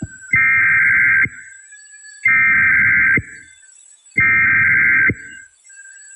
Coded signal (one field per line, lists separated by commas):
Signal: Emergency Alert System (SAME) tones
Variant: header bursts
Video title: WTAG-AM (Worcester MA) EAS Required Weekly Test (October 16, 1997)